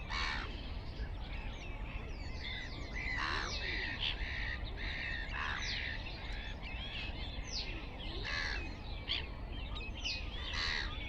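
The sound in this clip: Black-headed gull grating squawks, many birds crying irregularly in short harsh bursts over a constant low rumbling background.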